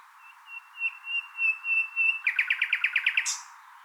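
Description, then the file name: Common nightingale song: a row of soft piping whistles building into loud rapid repeated notes and a final buzzy flourish. "Luscinia megarhynchos"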